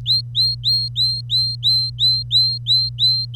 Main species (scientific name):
Serinus canaria